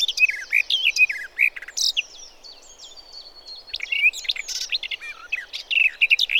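Garden warbler song, a stream of hurried, melodious warbling with rising and falling notes and some thin, high, level notes.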